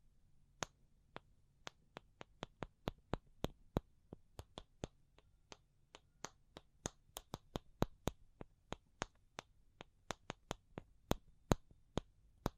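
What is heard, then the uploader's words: Sharp, dry taps repeat through the whole clip, about three per second, with the pace shifting between quicker clusters and slightly wider gaps. Each tap is crisp and bright with a quick decay, some louder than others, over a faint low hum. ASMR Pure Tapping Fast and Slow (No Talking).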